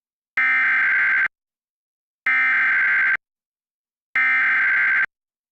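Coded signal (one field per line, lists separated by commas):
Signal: Emergency Alert System (SAME) tones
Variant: header bursts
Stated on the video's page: Tornado warning via a cable TV provider, Suddenlink/Optimum.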